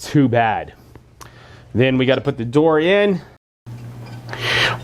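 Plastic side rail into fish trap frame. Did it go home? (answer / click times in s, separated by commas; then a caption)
yes / 1.2 s. A plastic side rail is pressed onto the frame of an Aqua Medic aquarium fish trap during assembly, where it snaps into place with a little difficulty. Someone talks, and a sharp, short snap at 1.2 s marks the rail seating. Speech continues afterward, with a brief soft rustle near the end.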